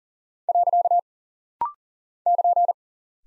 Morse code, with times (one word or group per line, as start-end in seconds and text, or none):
0.5-1.0 .
2.3-2.7 <KN>